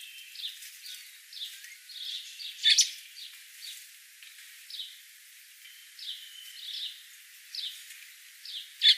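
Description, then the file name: Common blackbird calls, sharp high clicks at about three and nine seconds, among many short soft chirps repeating throughout. "Turdus merula"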